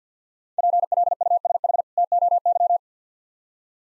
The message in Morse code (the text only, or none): PLUSH TOY